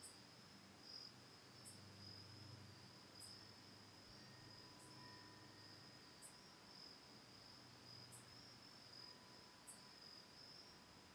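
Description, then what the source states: Crickets trill steadily and shrilly, with brief higher pulses at regular intervals and faint tones at times. Autumn night, recorded October 10, 2020 from a lakeside home on Cayuga Lake, Ithaca, New York.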